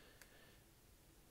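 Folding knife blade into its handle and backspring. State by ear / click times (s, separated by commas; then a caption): seated / 0.2 s. A blade on a Marble's three-blade slip-joint stockman knife with genuine ram horn covers, pinched bolsters and match-strike pulls is opened and snaps into its open position against the backspring. A single short, sharp click sounds at 0.2 s over a quiet, steady background, and the blade seats firmly with no wiggle or blade play.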